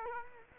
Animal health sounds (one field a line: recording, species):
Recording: mosquito wingbeat signal from an infrared sensor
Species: Culex quinquefasciatus